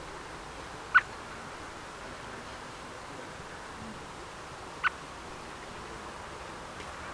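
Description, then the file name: Common blackbird uttering two short, hard tuk notes roughly four seconds apart, with faint background hiss between them. "Turdus merula"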